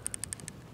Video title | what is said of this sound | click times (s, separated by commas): First Impressions of Platypod's New Platyball Ball Head | So if I put my camera in and listen, you can probably hear it click. | 0.1 s, 0.2 s, 0.3 s, 0.4 s, 0.5 s